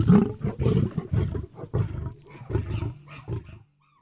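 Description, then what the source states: Lion growling in a run of deep, rough, pulsing grunts, each burst short and rumbling, fading toward the end. Lion purring and grumbling.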